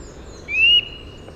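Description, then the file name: Eurasian nuthatch giving a single loud, rising whistled call note, with quiet background hiss. "Sitta europaea"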